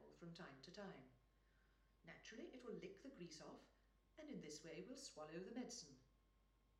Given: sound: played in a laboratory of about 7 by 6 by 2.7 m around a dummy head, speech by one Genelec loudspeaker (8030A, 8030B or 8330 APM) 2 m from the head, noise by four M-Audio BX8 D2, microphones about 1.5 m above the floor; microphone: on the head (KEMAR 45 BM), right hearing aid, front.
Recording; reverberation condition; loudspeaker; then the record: female speech in English; medium; 60 degrees to the right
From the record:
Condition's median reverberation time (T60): about 510 ms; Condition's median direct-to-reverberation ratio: about -0.5 dB